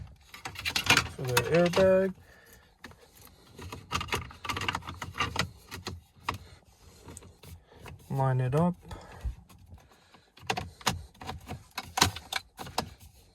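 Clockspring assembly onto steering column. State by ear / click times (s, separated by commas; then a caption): not seated / none. A clockspring assembly for a Maserati Ghibli paddle shifter install is handled and lined up on the steering column after the airbag cables are fed through, with sharp handling taps and knocks between bursts of someone talking. Nothing has seated or clicked into place yet.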